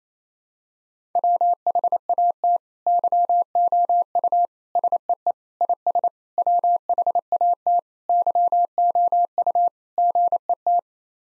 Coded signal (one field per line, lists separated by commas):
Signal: Morse code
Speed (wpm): 28 wpm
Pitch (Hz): 700 Hz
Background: none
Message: WHAT YOU SEE IS WHAT YOU GET